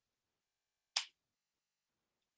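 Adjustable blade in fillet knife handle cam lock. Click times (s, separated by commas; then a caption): 1.0 s. The cam lock on a fillet knife handle is closed on the adjustable blade, extended to between six and nine inches. A single sharp, bright click at 1.0 s stands out against near silence. The blade locks into place.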